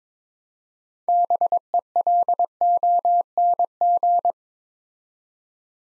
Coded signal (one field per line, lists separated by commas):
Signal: Morse code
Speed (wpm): 22 wpm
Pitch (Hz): 700 Hz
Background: none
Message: BELONG